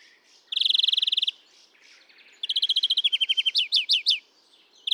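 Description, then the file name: European greenfinch repeating quick, evenly spaced trills, the second run ending in a series of looping, falling notes before another trill starts. "Chloris chloris"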